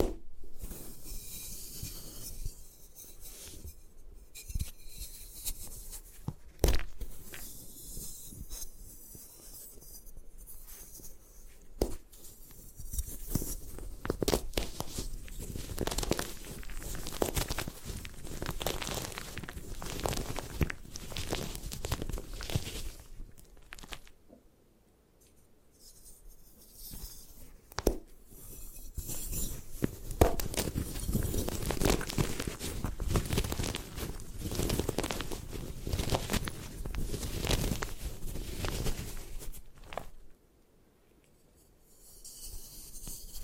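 Gym chalk being crushed and broken apart, heard as dense, gritty crunching and crumbling that runs nearly throughout. Sharp cracking snaps stand out around 7, 12 and 28 seconds, with brief quiet gaps near 25 and 41 seconds.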